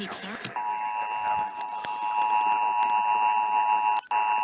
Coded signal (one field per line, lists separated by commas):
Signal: Emergency Alert System (SAME) tones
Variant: 853 and 960 Hz attention tone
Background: speech